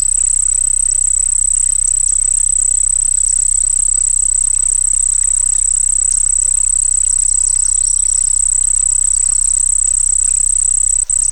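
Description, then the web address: Continuous shrill cricket trill lasting the whole stretch, backed by a low constant hum and a short click near the end. Crickets singing by a pond. "Dr Sound Effects. Crickets Singing By a Pond"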